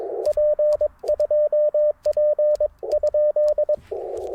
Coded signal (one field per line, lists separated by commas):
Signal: Morse code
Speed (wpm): 22 wpm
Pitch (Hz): 600 Hz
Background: radio noise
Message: P2P?